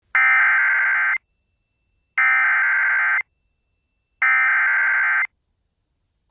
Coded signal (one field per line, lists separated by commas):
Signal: Emergency Alert System (SAME) tones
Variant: header bursts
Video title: Severe Thunderstorm Warning (Cherry and Sheridan Counties, NE) (8/13/25) [EAS #264]